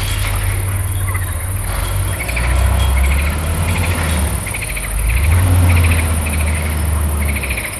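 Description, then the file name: Frogs calling: short pulsed croaks repeated in several bursts, over a low rumble and drone of machinery. Frogs recorded together with forklift trucks. "chariots elevateurs et grenouilles"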